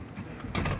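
On a 2024 Honda HR-V, a long breaker bar twists the fuel pump lock ring on the fuel pump module at the fuel tank. After a quiet stretch, a single sharp, broadband knock sounds at 0.6 s as the ring breaks loose and is released, with no hammering or chiseling.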